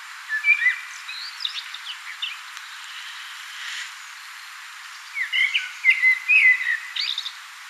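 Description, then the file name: Common blackbird singing two phrases of low, liquid whistles that run into thin, high chittering notes, with steady faint background hiss. "Turdus merula"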